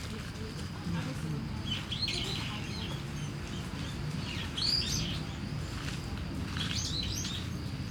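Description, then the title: Starling singing soft, scratchy warbled phrases spaced a few seconds apart, partly masked by broad traffic noise and a steady high insect tone. Singing in a tree in Kiyosumi garden, Tokyo, Japan, with crickets and cars; recorded binaurally with DPA 4060 microphones on a Deity PR-2. "Kiyosumi garden, Tokyo, Japon - Starling in a tree"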